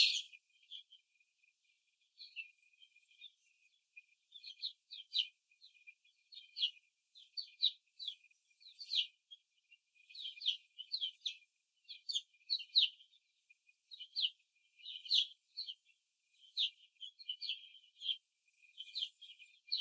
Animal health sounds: young laying hens in a cage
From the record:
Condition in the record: after the stressor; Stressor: simulated dog barking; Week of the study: 2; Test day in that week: 2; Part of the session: 2

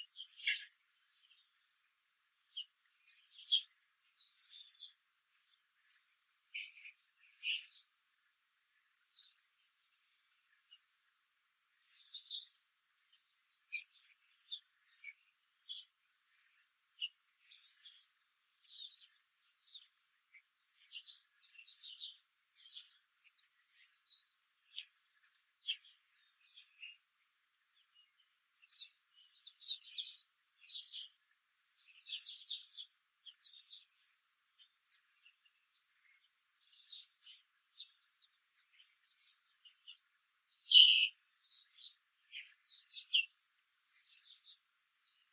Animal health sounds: young laying hens in a cage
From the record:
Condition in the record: control cage, after the stress test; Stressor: none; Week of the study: 4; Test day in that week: 1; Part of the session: 2

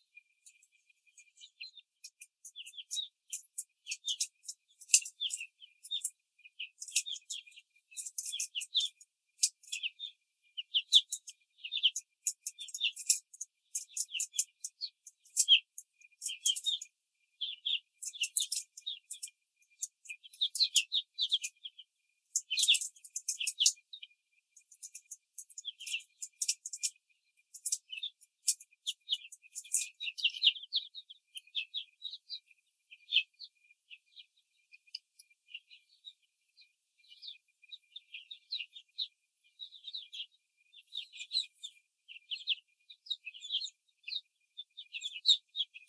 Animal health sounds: young laying hens in a cage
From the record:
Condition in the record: control cage, before the stress test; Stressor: none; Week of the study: 4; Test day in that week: 3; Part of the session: 4

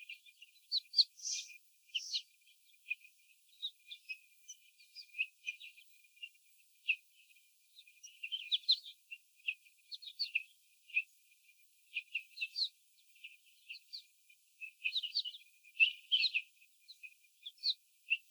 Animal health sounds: young laying hens in a cage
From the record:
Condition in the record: before the stressor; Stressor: sudden umbrella opening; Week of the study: 3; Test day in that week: 2

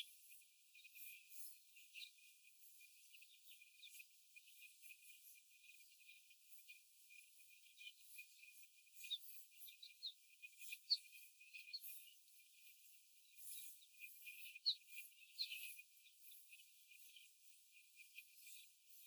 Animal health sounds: young laying hens in a cage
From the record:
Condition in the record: after the stressor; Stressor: simulated dog barking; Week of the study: 4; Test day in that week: 1

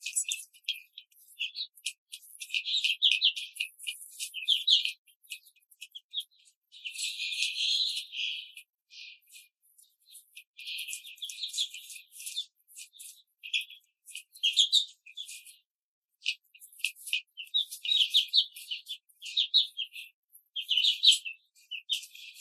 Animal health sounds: young laying hens in a cage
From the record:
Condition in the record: control cage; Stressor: none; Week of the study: 5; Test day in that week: 1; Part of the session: 3

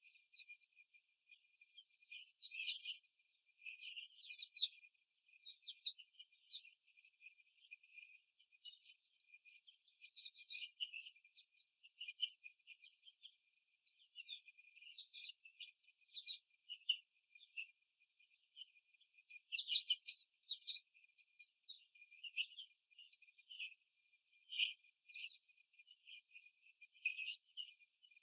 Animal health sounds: young laying hens in a cage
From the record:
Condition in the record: before the stressor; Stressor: simulated dog barking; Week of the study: 3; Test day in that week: 1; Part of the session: 4

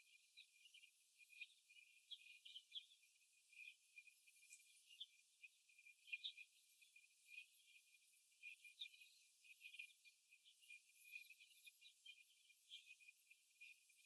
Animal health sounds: young laying hens in a cage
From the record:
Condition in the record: after the stressor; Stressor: simulated dog barking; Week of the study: 1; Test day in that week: 2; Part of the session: 2

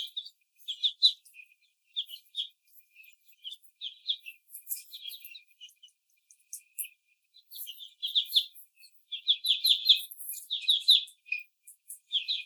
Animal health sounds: young laying hens in a cage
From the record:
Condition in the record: after the stressor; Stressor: simulated dog barking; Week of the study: 4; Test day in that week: 2

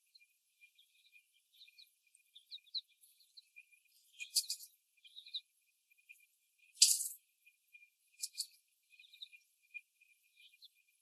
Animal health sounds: young laying hens in a cage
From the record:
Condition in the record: after the stressor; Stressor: simulated dog barking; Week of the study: 1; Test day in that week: 1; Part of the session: 4

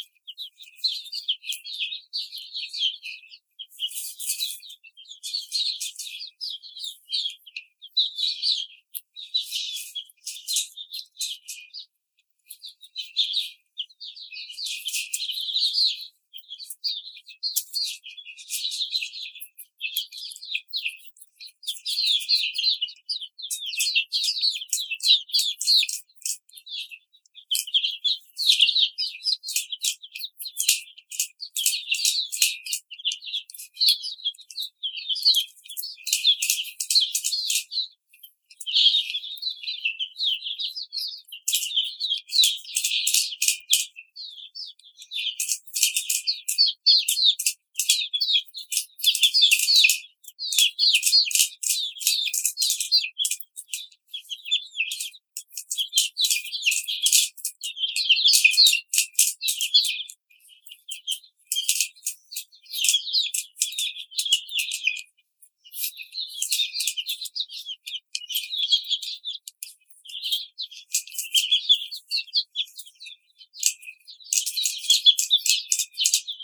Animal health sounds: young laying hens in a cage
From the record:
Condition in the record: treatment cage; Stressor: simulated dog barking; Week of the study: 5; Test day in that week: 1

